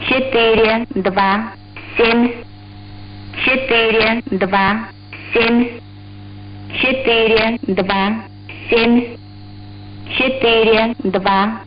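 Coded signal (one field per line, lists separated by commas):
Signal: numbers station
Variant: S06s Russian Lady, Russian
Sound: a woman's voice reading short evenly spaced words in groups, with pauses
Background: radio hum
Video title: 06 07 2021 Number station S06s Russian Lady in Russian to Eu 0730 on 7365 unknown tx site in CUSB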